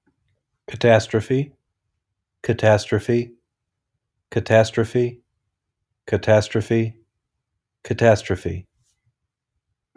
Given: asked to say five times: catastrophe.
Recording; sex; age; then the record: repeated word; male; 40 to 49 years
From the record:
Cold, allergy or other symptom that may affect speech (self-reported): no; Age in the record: 41 years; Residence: Ohio, United States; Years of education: 20